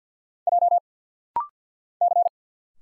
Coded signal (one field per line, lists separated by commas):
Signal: Morse code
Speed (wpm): 50 wpm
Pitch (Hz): 700 Hz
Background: none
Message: J C